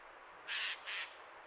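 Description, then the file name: Eurasian jay giving two harsh, rasping screeches in quick succession, broad noisy bursts with a short gap between them, over faint background hiss. "Garrulus glandarius"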